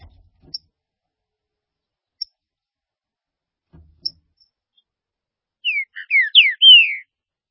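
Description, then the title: Green-winged saltator song: after faint clicks, a loud phrase of several rich slurred whistles comes near the end. "Trinca Ferro"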